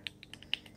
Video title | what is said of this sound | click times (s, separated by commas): Honeywell Vista 20p Programming (Reupload) | just clicks into place I don't know if this is right side up | 0.1 s, 0.5 s